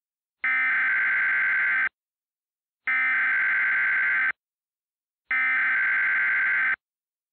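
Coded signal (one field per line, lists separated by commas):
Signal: Emergency Alert System (SAME) tones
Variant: header bursts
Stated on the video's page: Mock EAS alert remaster with an improved text-to-speech message.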